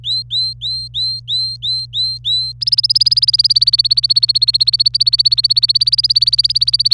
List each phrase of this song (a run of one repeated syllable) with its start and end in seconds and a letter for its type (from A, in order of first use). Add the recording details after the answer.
0.04-2.53 A, 2.61-6.94 B. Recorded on 26 April 2018 at 06:23. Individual llb3